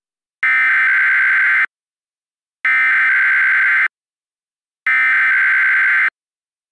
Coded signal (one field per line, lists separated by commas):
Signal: Emergency Alert System (SAME) tones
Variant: header bursts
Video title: EAS Mock: CAVE AWIPS new product test (Experimental)